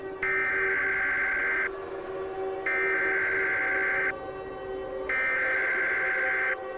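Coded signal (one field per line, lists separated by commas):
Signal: Emergency Alert System (SAME) tones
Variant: header bursts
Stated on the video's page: Fictional EAS scenario using valid emergency alert tones.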